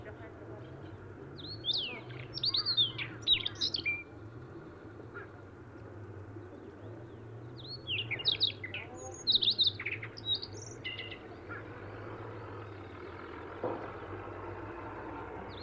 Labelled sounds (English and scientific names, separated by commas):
Siberian Rubythroat (Luscinia calliope) song